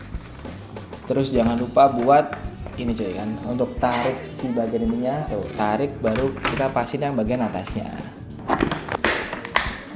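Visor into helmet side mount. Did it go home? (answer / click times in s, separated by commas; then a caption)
yes / 9.1 s, 9.6 s. A blue iridium NJS V2 plastic visor is fitted onto the side mount of an NJS Kairoz helmet while someone talks over background music. The visor mechanism is pulled back, the upper part of the visor is set onto the mount and pressed home, and two sharp clicks at 9.1 s and 9.6 s confirm it has seated.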